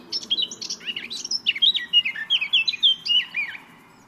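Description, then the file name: Eurasian blackcap song: a busy warble that opens scratchy and turns into clear, fluty whistled notes, each sliding up or down, delivered in quick succession. "Sylvia atricapilla"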